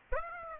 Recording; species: mosquito wingbeat signal from an infrared sensor; Aedes aegypti